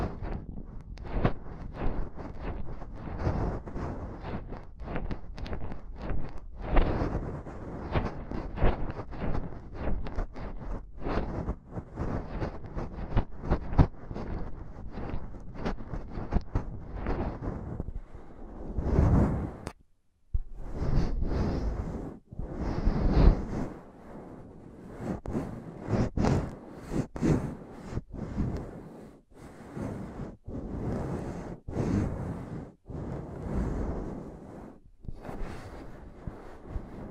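Intense tapping and scratching on a microphone, a dense run of rough, thumping contacts that rarely lets up. The first half is steadily packed; after about 18 seconds the strokes come in separate bursts with brief silences, some sharper and brighter.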